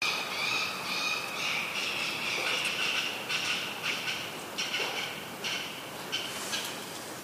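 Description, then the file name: Eurasian sparrowhawk calling in a fast chattering series of nasal notes, about two per second. Steady background hiss throughout. "haitaka"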